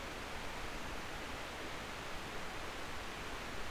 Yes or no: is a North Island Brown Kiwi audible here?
no